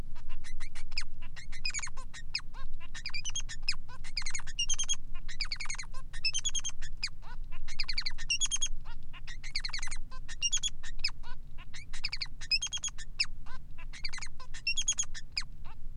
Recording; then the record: song of a male Bengalese finch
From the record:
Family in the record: son of father 3